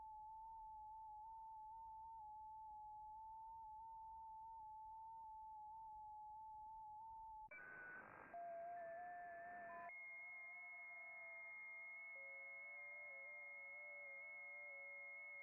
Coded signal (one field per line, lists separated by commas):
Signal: FT8